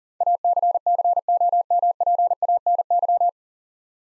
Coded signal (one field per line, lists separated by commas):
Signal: Morse code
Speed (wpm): 37 wpm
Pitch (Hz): 700 Hz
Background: none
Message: ACCOMPANY